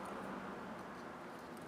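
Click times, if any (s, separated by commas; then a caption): none. An electrical connector is being handled onto a fuel injector of a 2007 Subaru Legacy during a valve cover gasket replacement, after the fuel rails have been reconnected. Only a steady, even broadband noise is heard, with no distinct hits or talk. The connector has not yet snapped into place; nothing has seated or clicked.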